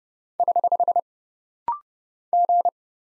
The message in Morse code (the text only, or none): <HH> G